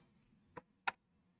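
A 3D-printed plastic part for a child's ride-on toy truck is pushed against the truck body to snap into place, producing two short, sharp ticks at 0.6 and 0.9 s, the second much louder, over a quiet background. Nothing has seated or clicked yet: the part does not snap in because a print support piece is still attached.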